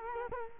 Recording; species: mosquito wingbeat signal from an infrared sensor; Culex quinquefasciatus